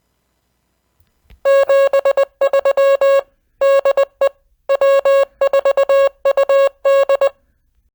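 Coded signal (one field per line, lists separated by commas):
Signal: Morse code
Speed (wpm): 20 wpm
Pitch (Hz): 550 Hz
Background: none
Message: 73 DE W4UD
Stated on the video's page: Amateur radio net on a 2 m FM repeater (146.670) linked to Wires-X.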